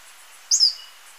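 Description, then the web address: Yellow-bellied chat-tyrant giving a single thin, very high call note that slurs slightly downward, lasting a fraction of a second, over faint background hiss. Recorded in Ecuador. "Natures Songs S America Birds of Ecuador. Yellow-bellied Chat-Tyrant"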